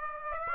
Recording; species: mosquito wingbeat signal from an infrared sensor; Aedes aegypti